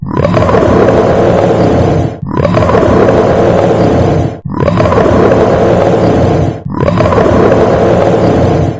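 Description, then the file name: Bear giving deep, rough, sustained growls, four long roaring bursts of about two seconds each with brief breaks between them. Angry bear. "Bear Mad"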